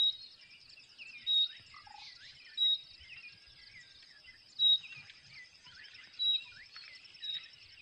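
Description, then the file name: Common nightingale giving short, high, pure whistled calls every one to two seconds, over a steady high insect-like buzz and faint chirps from other birds. "Luscinia megarhynchos"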